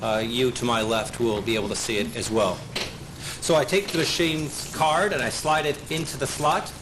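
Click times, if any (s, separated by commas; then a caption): none. Someone talks while a plastic voter access card is being slid into the card slot of an electronic voting machine. The card is handled but not yet home, and nothing has clicked or seated by the end of the clip.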